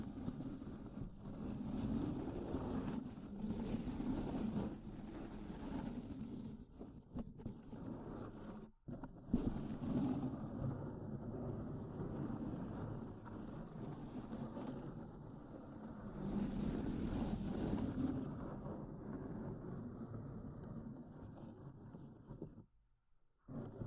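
A microphone is slowly grabbed, giving a steady low rumbling and buffeting, with a brief cutout near nine seconds and near silence at the end.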